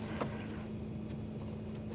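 On a 2010–2014 Volkswagen GTI, a coolant hose quick-connect fitting with a plastic lock tab is lined up and pushed toward the water pump/thermostat housing outlet. A steady low hum runs under soft handling noises, with small ticks at about 1.0 s and 1.8 s and a brief louder knock right at the end. The connector has not clicked or seated yet.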